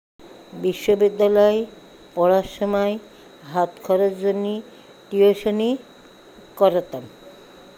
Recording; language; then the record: elicited speech; Bengali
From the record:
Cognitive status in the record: dementia